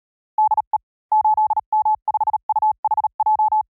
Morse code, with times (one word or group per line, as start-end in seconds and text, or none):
0.4-0.8 DE
1.1-3.6 8M5UHJ